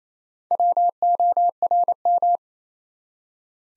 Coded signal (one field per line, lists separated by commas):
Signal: Morse code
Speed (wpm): 27 wpm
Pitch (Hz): 700 Hz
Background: none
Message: WORM